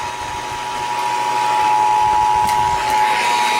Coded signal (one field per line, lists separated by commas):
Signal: Emergency Alert System (SAME) tones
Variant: 853 and 960 Hz attention tone